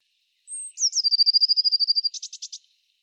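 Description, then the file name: Eurasian blue tit song: a thin very high note, then a long fast even trill, ending in a few buzzy rattling notes. "Cyanistes caeruleus"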